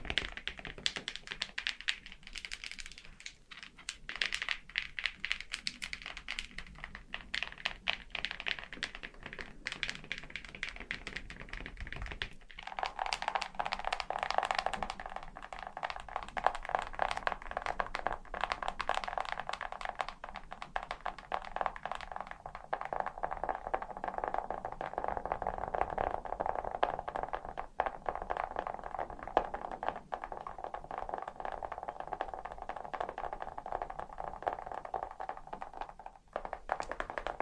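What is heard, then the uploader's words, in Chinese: Fingernails tapping in a fast, dense, irregular patter of small clicks that continues without pause for the whole clip. The taps sound crisp and bright. Around the twelve-second mark the sound shifts toward a slightly lower, fuller tone and stays there through the end. 指甲敲击。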